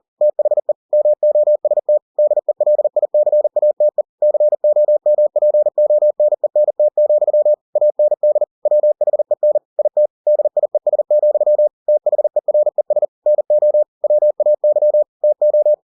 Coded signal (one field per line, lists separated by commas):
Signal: Morse code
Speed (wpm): 40 wpm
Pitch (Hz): 600 Hz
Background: none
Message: THE MOST DELICATE COMPONENT, AND WHEN IT DIES, THERES NO WAY TO